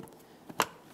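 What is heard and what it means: A plastic fuse box cover in the engine bay of a 2012-2017 Toyota Camry is lined up on the fuse box and pressed down. A few faint taps come first, then a sharp, bright snap at 0.6 s as its clips close. The cover is seated.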